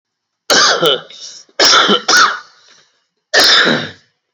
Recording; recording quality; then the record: heavy voluntary cough; excellent, no background noise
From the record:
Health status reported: COVID-19 positive, mild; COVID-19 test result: positive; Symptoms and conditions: cough, cold, fever, hypertension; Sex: male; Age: 42 years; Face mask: not worn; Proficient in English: yes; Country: India